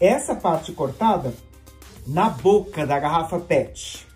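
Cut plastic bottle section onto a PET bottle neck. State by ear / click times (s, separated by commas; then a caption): not seated / none. While a disposable slingshot is being built, a cut-off piece of PET plastic bottle is being fitted onto the mouth of a PET bottle. Someone talks over background music throughout. Nothing has seated or clicked yet by the end of the clip.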